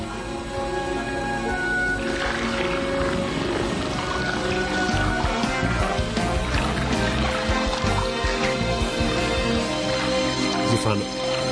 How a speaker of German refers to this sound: Sie fahren auf dem Boot über den Kanal in Lübeck. Der junge Thomas Buddenbrook. Und es geht zu einer Festgesellschaft.